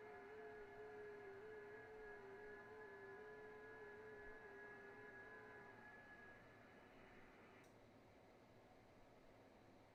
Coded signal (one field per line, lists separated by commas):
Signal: FT8